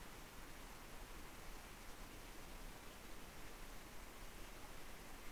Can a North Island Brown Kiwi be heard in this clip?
no